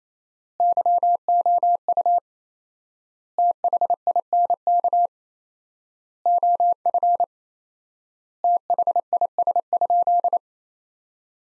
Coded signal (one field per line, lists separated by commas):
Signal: Morse code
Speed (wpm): 28 wpm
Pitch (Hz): 700 Hz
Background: none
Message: YOU THINK OF THIS?